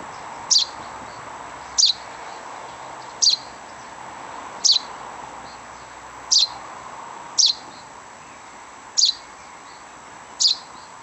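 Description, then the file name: Common chaffinch call, a short sharp high note repeated about every one and a half seconds over a soft background hiss. "Fringilla coelebs"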